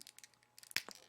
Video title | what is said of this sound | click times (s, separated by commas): Spider-Man Movie 2002 Wrestler Spider-Man Figure with Transforming Action Figure Review | go in, grab the lower leg right here, and unpop it from inside. You're gonna hear a pop. | 0.8 s